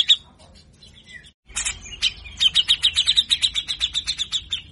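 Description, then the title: Grey-cheeked bulbul with a brief burst of notes, a short silence, then a long, fast run of repeated notes. Master meant to train captive birds to sing; bird singing actively, with rough, rapid song bursts known locally as 'besetan kasar'. "MASTERAN CUCAK JENGGOT GACOR FULL BESETAN KASAR DURASI PANJANG !!!. Cucak Jenggot Bakal Rajin Bunyi Dengar Cucak Jenggot Gacor Ini"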